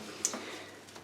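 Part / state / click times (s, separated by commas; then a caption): 35mm film end releasing from the take-up spool into the cassette in a camera / released / 0.2 s. Turning the rewind knob on a 1950s Voigtländer Vito B rangefinder camera pulls the end of the 35mm film off the take-up spool with a sharp click at 0.3 s, followed by faint ticking and a softer click near 1.1 s. The click means the film has released and gone back into the cassette.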